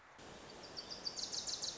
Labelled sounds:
Wilson's Warbler
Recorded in Sonoma County, California

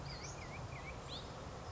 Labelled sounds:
Western Flycatcher
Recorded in Sonoma County, California

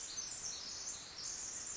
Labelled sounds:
Pacific Wren
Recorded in Sonoma County, California

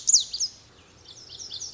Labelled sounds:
Lazuli Bunting
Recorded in Sonoma County, California

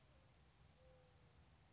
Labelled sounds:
Mourning Dove
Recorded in Sonoma County, California

